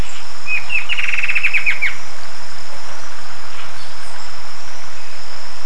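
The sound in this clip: Bird calls: a quick run of many high chirps, then faint scattered notes over steady hiss.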